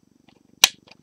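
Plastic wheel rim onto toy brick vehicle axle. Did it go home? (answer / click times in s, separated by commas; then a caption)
yes / 0.6 s. A plastic toy brick wheel rim with its tyre is pushed onto the axle of a LEGO City 4 x 4 Off Roader vehicle. A sharp click at 0.6 s marks the rim seating on the axle, with faint small taps at 0.3 s and 0.9 s over a low steady hum. The wheel is seated.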